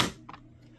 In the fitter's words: In order to make our lives easier, we're going to push this riser all the way down until it clicks.